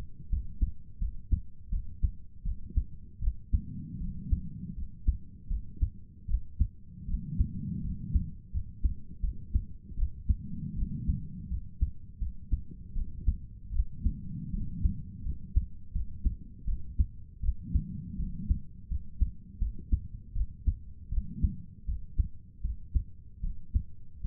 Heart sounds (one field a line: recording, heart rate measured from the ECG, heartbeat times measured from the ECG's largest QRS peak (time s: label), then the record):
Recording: heart sounds by stethoscope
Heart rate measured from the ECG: 80 bpm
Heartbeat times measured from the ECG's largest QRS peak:
0.31 s: heartbeat
1.00 s: heartbeat
1.71 s: heartbeat
2.44 s: heartbeat
3.21 s: heartbeat
4.00 s: heartbeat
4.76 s: heartbeat
5.49 s: heartbeat
6.27 s: heartbeat
7.07 s: heartbeat
7.83 s: heartbeat
8.52 s: heartbeat
9.22 s: heartbeat
9.96 s: heartbeat
10.75 s: heartbeat
11.49 s: heartbeat
12.20 s: heartbeat
12.94 s: heartbeat
13.73 s: heartbeat
14.52 s: heartbeat
15.24 s: heartbeat
15.93 s: heartbeat
16.66 s: heartbeat
17.42 s: heartbeat
18.18 s: heartbeat
18.89 s: heartbeat
19.60 s: heartbeat
20.34 s: heartbeat
21.10 s: heartbeat
21.87 s: heartbeat
22.63 s: heartbeat
23.42 s: heartbeat
24.23 s: heartbeat
From the record:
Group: healthy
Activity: cold pressor test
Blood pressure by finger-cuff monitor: 80/53 mmHg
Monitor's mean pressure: 64 mmHg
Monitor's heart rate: 81 bpm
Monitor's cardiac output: 6.8 L/min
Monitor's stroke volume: 84 mL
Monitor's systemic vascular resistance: 660 dyn s/cm5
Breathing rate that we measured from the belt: 17 breaths a minute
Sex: female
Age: 22 years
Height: 163 cm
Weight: 67.1 kg